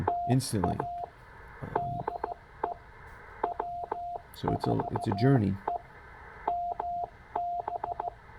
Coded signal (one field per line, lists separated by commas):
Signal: Morse code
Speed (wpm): 14 wpm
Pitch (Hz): 700 Hz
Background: speech, radio noise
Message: TA DE W4EMB